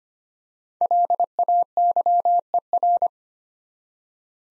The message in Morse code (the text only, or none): LAYER